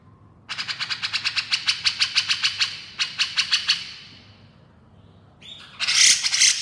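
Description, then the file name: Grey-cheeked bulbul chattering: a fast series of harsh, scratchy notes, a short gap, a few more pulses, then a loud rasping burst at the end. Female bird, described as gacor, meaning persistently vocal. "suara cucak jenggot betina gacor"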